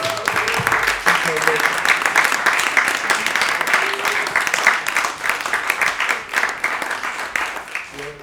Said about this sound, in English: Can I have just a... clap for everybody, just for yourself.